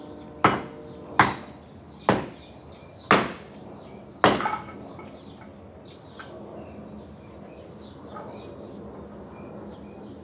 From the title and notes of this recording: Sunday morning mist in my backyard in Phoenix Arizona. There’s a gentle hum from our heat pump that stays on throughout the session that is an excellent brownian-type noise. The neighborhood sounds, the birds chirping.